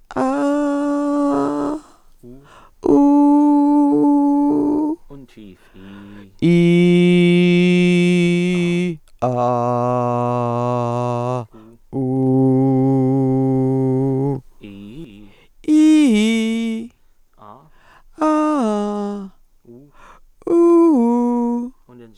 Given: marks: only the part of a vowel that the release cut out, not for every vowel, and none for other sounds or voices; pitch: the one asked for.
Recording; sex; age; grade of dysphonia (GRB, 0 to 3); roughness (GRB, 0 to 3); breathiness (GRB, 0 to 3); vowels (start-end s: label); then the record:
sustained vowels; female; 60 to 69 years; 2; 0; 0
0.20-1.50 s: vowel /a/, high pitch
3.00-4.75 s: vowel /u/, high pitch
6.49-8.30 s: vowel /i/, low pitch
9.50-11.28 s: vowel /a/, low pitch
12.17-13.51 s: vowel /u/, low pitch
15.74-16.75 s: vowel /i/, low-high-low pitch
18.25-19.13 s: vowel /a/, low-high-low pitch
20.51-21.56 s: vowel /u/, low-high-low pitch
From the record:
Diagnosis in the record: presbyphonia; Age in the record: 69 years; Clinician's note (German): Leichte subglottische Einengung